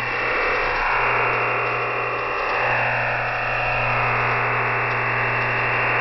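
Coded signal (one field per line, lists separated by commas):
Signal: digital SSTV (DRM)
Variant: EasyDRF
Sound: constant even hiss-like digital buzz filling the voice band, unchanging throughout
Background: radio static, low hum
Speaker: The constant buzzing sound of our EasyDRF broadcast begins in 5 seconds.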